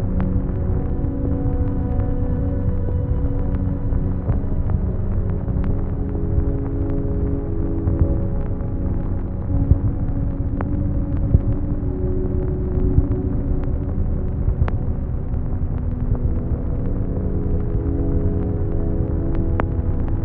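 Vinyl static and hum run steadily throughout, with a dense low hum and sustained droning tones forming a soft ambient bed. Sharp crackles and pops flick through at irregular moments. Loudness stays even from start to finish, dark with little brightness above the middle range.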